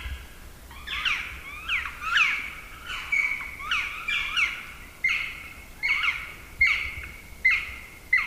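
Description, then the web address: Black woodpecker calls: a harsh, ringing series of overlapping notes, each with a quick bend in pitch, repeated roughly every second over eight seconds. "agykontroll Madardalok Cd 1. Fekete harkály"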